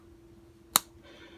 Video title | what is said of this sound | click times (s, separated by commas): Marble’s Sleeveboard Sunfish Stag Whittler Knife | Snaps into place really nice. | 0.8 s